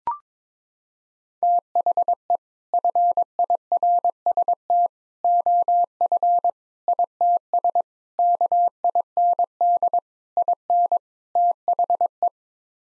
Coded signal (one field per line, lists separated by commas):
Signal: Morse code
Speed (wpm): 22 wpm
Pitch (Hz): 700 Hz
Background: none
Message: THE FIRST OF ITS KIND IN THE